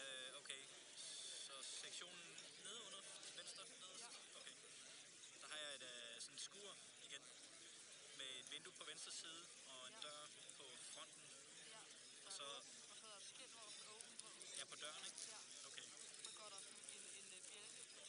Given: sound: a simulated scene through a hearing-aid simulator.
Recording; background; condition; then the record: conversation; cafeteria; 0 dB SNR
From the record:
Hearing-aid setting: II (fast-acting compression, audibility-based gain, advanced features for about 2.5 dB of SNR improvement); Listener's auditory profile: B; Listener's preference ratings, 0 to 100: 57, 27, 27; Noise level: 65 dB SPL